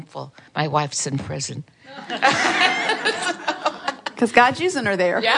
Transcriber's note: laughter